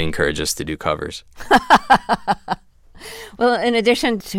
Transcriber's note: laughter